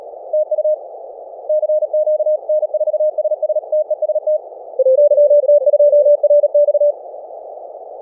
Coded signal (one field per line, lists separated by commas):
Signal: Morse code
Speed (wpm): 37 wpm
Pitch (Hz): 620 Hz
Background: none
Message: TU CQ N4SS TEST YT2RX